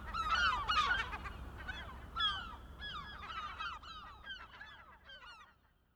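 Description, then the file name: Gull chorus of nasal, descending squeals, loud and crowded at first, then thinning into separate calls that fade toward the end over a low hum. Several gulls, recorded 23 May 2004. "Mouettes 040523"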